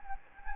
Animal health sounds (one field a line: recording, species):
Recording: mosquito wingbeat signal from an infrared sensor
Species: Anopheles gambiae